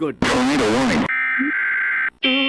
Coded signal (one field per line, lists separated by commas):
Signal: Emergency Alert System (SAME) tones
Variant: header bursts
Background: speech